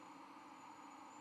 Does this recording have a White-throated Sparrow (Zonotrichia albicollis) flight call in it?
no